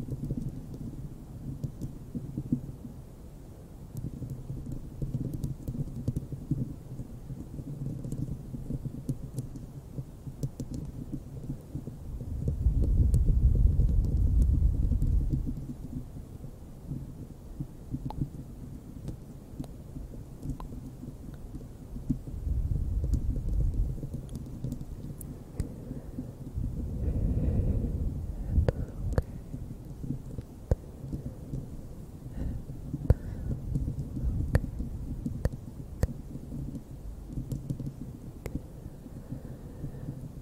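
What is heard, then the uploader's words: Bare microphone scratching makes a dense, low rumbling texture that runs throughout, with scattered sharp crackles and ticks. Heavier bursts of scratching swell around 13 seconds, again near 23 seconds, and around 27 seconds, before settling back to a steadier, softer scrape. ASMR bare mic scratching.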